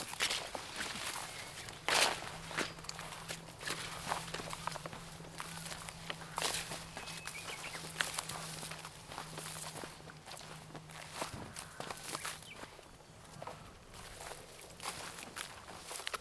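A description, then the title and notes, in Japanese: Footsteps crunch steadily over stones on a riverbank, irregular, with a low steady hum in the background for much of the time. 河原踏みしめる足音。雨上がりの少しぬかるんだ道から、石がごろつく河原へ。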